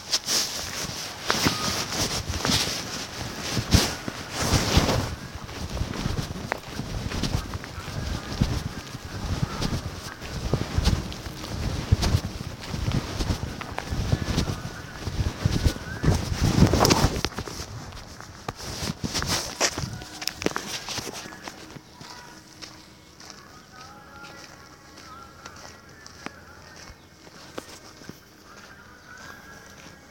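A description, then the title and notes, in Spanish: Dawn at NIRD Hyderabad opens with a dense, busy wash of clattering, rustling bursts and quick sharp hits for about seventeen seconds. Then it thins out sharply, leaving a quiet backdrop with scattered thin chirps and calls through the final stretch. Amanecer en el NIRD Hyderabad. Hyderabad - India.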